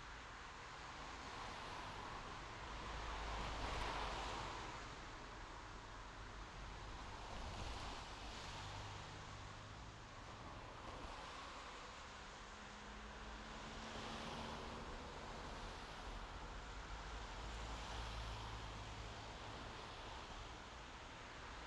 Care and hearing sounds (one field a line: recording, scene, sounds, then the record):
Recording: everyday scene through a hearing-aid microphone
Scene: in traffic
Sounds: traffic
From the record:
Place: main road on the outskirts, rush hour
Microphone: in the ear canal, left